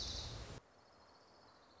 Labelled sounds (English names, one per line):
Orange-crowned Warbler